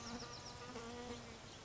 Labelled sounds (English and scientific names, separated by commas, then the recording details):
Bewick's Wren (Thryomanes bewickii)
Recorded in Sonoma County, California